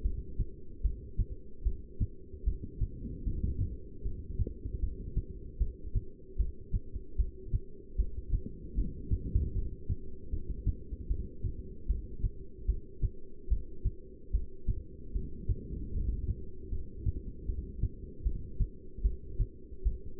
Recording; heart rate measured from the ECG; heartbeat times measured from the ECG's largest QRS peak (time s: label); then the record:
heart sounds by stethoscope; 76 bpm
0.03 s: heartbeat
0.83 s: heartbeat
1.64 s: heartbeat
2.45 s: heartbeat
3.25 s: heartbeat
4.04 s: heartbeat
4.81 s: heartbeat
5.59 s: heartbeat
6.38 s: heartbeat
7.17 s: heartbeat
7.97 s: heartbeat
8.76 s: heartbeat
9.54 s: heartbeat
10.31 s: heartbeat
11.08 s: heartbeat
11.88 s: heartbeat
12.67 s: heartbeat
13.49 s: heartbeat
14.32 s: heartbeat
15.13 s: heartbeat
15.92 s: heartbeat
16.70 s: heartbeat
17.47 s: heartbeat
18.24 s: heartbeat
19.03 s: heartbeat
19.84 s: heartbeat
From the record:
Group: heart failure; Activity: rest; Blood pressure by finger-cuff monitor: 165/103 mmHg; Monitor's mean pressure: 124 mmHg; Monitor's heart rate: 76 bpm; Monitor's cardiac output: 7.9 L/min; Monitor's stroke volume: 104 mL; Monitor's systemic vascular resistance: 1180 dyn s/cm5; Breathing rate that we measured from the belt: 10 breaths a minute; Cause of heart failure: non-ischemic cardiomyopathy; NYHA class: 1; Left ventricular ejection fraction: 62%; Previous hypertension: present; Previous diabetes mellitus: present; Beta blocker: bisoprolol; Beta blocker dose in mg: 10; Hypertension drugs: sacubitril-valsartan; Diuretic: furosemide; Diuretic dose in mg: 20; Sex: male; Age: 49 years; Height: 167 cm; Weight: 110 kg